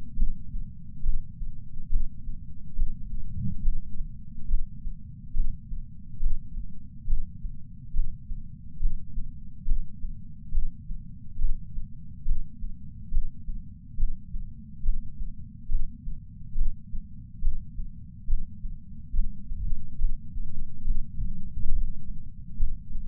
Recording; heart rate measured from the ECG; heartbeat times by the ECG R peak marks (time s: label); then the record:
heart sounds by patch sensor on the chest; 70 bpm
0.16 s: heartbeat
1.03 s: heartbeat
1.89 s: heartbeat
2.75 s: heartbeat
3.61 s: heartbeat
4.47 s: heartbeat
5.33 s: heartbeat
6.20 s: heartbeat
7.07 s: heartbeat
7.93 s: heartbeat
8.79 s: heartbeat
9.65 s: heartbeat
10.51 s: heartbeat
11.38 s: heartbeat
12.25 s: heartbeat
13.11 s: heartbeat
13.96 s: heartbeat
14.82 s: heartbeat
15.68 s: heartbeat
16.55 s: heartbeat
17.41 s: heartbeat
18.27 s: heartbeat
19.12 s: heartbeat
19.98 s: heartbeat
20.84 s: heartbeat
21.71 s: heartbeat
22.56 s: heartbeat
From the record:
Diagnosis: coronary artery disease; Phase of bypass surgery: intraoperative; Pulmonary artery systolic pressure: 30 mmHg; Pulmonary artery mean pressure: 20 mmHg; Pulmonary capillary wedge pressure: 14 mmHg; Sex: male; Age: 62 years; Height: 165 cm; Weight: 72 kg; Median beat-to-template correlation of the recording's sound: 0.95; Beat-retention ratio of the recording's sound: 0.98